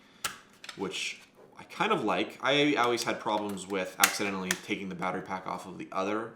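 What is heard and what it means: The plastic click-opening battery cover on an Oculus Quest 2 VR controller, which replaces the older magnetic cover, is worked open with a sharp click at 0.3 s. Someone talks throughout, and the cover is released open.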